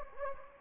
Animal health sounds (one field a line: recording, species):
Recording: mosquito wingbeat signal from an infrared sensor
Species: Anopheles gambiae